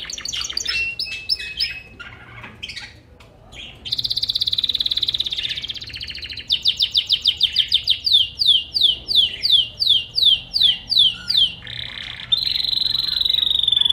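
Bird song with varied high phrases: chirps, a rapid trill, then a long run of repeated sweeping notes, ending in another steady trill.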